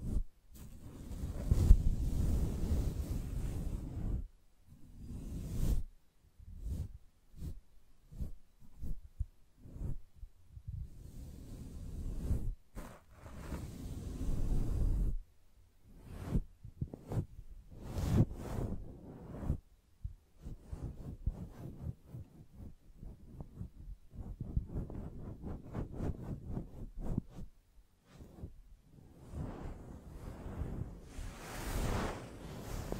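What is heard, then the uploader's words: Gentle brushing in soft, airy strokes that come in irregular bursts, some long sweeps and many quick short flicks. A long stroke fills the first few seconds, then shorter brushes follow with brief quiet gaps, bunching into rapid runs around the middle and later. ASMR Gently Brushing Your Brain (No Talking).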